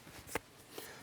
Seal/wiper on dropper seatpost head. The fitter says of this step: that'll snap right back on there and you'll hear it click when it goes into place